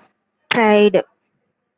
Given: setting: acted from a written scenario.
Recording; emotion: vocal sound without words; pride